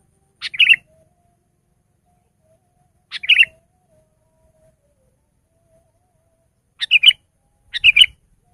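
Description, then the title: Sooty-headed bulbul song: four short bubbly phrases, two spaced widely apart, then two in quick succession near the end. "kutilang"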